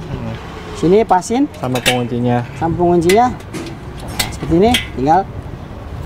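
Someone talks while lining up the sieve deck on a stainless Maksindo MKS-AYK45 rotary vibrating flour sieve and pressing down on its clamp lock latch, with a brief sharp clink at about 4.2 s. Nothing has seated or clicked yet; the clip ends just before the latch locks.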